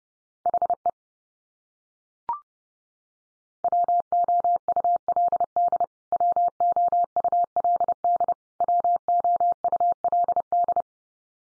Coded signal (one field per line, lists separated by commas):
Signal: Morse code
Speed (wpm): 30 wpm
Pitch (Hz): 700 Hz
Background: none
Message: HE WOULD WOULD WOULD